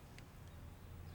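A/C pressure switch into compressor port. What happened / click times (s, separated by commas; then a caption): Handled, not yet home: switch pressed toward its port / none. A lubed A/C pressure switch is pressed down into its port on the compressor while a steady low rumble runs underneath, with a brief faint high tick near 0.2 s. Nothing has seated or clicked yet.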